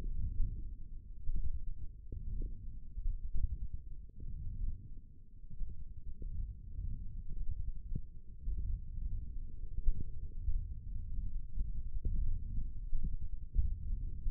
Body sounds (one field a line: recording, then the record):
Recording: forearm muscle sounds (acoustic myography)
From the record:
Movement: wrist extension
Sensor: system 1, eight BSWA MPA416 microphones around the upper forearm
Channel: 1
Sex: male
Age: 18 years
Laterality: right